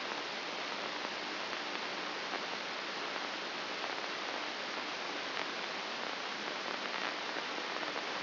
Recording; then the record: brain microelectrode recording played as sound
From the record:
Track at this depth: inside the subthalamic nucleus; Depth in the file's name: 4.63 mm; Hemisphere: left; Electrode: 2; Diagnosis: Parkinson's disease